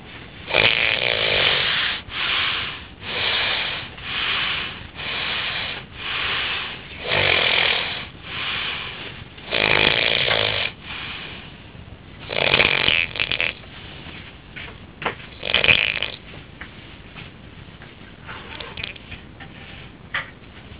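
Snoring from an adult sleeper: a run of loud, harsh snores about once a second, then quieter, more irregular snoring and breathing noises.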